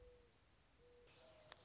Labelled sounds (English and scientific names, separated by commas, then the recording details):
Mourning Dove (Zenaida macroura)
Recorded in Sonoma County, California